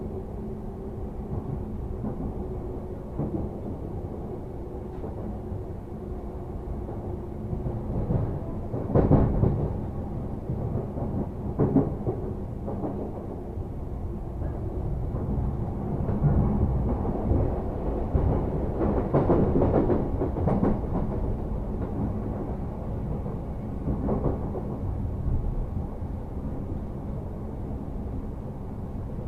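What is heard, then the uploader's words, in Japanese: A train rumbles steadily along with a low hum and faint tone, punctuated by louder clanks and thumps around nine, twelve, and twenty seconds. 耳で楽しむ鉄道旅 武蔵小杉→二俣川→大和。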